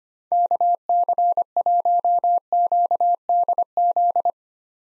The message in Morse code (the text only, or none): KC1QDZ